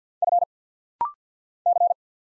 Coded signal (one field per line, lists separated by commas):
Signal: Morse code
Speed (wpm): 50 wpm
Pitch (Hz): 700 Hz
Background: none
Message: F C